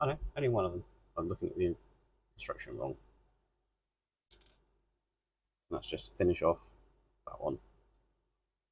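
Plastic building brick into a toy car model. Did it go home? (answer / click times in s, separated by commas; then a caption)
no / none. Someone talks while handling a plastic building brick on a Lego Creator 007 DB5 toy car model during a build, with a faint brief sound around 4.4 seconds between the speech. The part has not seated or clicked into place yet.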